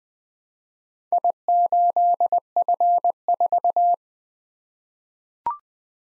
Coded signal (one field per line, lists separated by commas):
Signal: Morse code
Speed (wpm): 20 wpm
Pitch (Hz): 700 Hz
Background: none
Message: I8F4